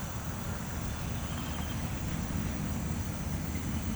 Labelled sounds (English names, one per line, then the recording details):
none
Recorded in pastures near Puerto Asís, Putumayo, Colombia, on 24 March 2025 at 17:30
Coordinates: 0.472, -76.329
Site G074